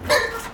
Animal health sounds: contact call of a hoofed animal; wild boar; grunt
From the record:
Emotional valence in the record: negative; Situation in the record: naturally occurring agonistic interactions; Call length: 0.55 s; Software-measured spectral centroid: 3940 Hz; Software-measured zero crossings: 3680 a second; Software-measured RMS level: -22 dBFS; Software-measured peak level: -9 dBFS

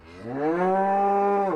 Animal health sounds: contact call of a hoofed animal; cattle; low-frequency (closed-mouth) or high-frequency (open-mouth) call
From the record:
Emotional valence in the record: negative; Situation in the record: full separation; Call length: 1.56 s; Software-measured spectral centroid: 1010 Hz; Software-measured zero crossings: 1410 a second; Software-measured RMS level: -23 dBFS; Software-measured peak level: -13 dBFS

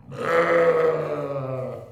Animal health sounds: contact call of a hoofed animal; sheep; low-frequency (closed-mouth) or high-frequency (open-mouth) call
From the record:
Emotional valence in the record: negative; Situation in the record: short social isolation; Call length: 1.92 s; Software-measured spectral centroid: 1470 Hz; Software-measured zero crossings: 1220 a second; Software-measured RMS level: -23 dBFS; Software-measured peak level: -8 dBFS

